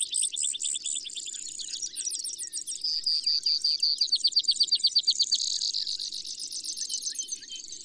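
Brewer's sparrow song, a long run of high buzzy trills changing speed and pitch, fast rattling phrases shifting into slower, louder pulsed notes, with faint low background hum.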